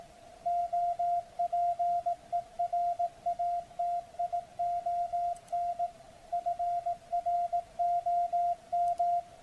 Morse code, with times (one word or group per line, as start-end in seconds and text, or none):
0.5-5.9 OPERATION
6.3-9.2 FROM